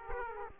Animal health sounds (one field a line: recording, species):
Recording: mosquito wingbeat signal from an infrared sensor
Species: Aedes aegypti